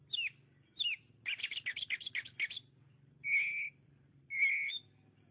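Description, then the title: Oriental magpie-robin song: two downslurred whistles, a rapid chatter of scratchy notes, then two long steady whistles. "Suara Kicauan Burung Kacer Durasi Panjang"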